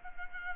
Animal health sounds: mosquito wingbeat signal from an infrared sensor; Culex pipiens

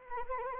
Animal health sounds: mosquito wingbeat signal from an infrared sensor; Anopheles arabiensis

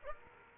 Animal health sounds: mosquito wingbeat signal from an infrared sensor; Aedes aegypti

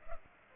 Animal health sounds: mosquito wingbeat signal from an infrared sensor; Culex pipiens

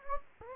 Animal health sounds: mosquito wingbeat signal from an infrared sensor; Anopheles gambiae

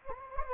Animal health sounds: mosquito wingbeat signal from an infrared sensor; Anopheles gambiae

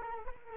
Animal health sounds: mosquito wingbeat signal from an infrared sensor; Culex quinquefasciatus

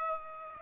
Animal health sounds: mosquito wingbeat signal from an infrared sensor; Aedes aegypti

